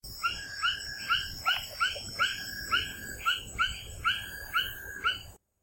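Amphibian calling: a steady run of many short chirped notes, fairly evenly spaced, over faint background noise.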